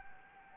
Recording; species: mosquito wingbeat signal from an infrared sensor; Anopheles gambiae